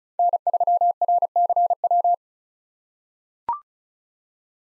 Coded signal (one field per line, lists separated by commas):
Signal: Morse code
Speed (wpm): 34 wpm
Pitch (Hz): 700 Hz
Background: none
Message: N3RCW